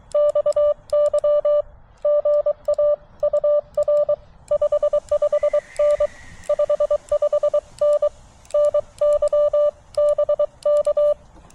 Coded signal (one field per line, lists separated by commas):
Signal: Morse code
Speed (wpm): 22 wpm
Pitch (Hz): 590 Hz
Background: none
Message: XY GA UR 55N 55N NY BK